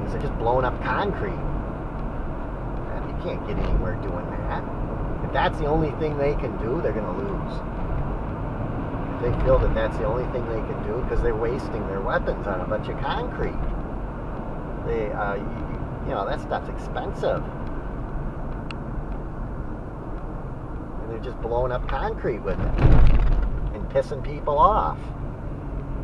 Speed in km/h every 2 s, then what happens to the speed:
66, 68, 69, 68, 69, 69, 64, 63, 61, 55, 48, 44, 45.
0-11 steady at about 68. 11-22 slows to 44.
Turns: none.